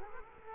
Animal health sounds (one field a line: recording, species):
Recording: mosquito wingbeat signal from an infrared sensor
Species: Culex quinquefasciatus